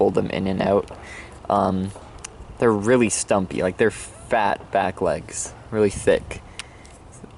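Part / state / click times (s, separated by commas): leg joint on a plastic dinosaur figure / seated / 6.6 s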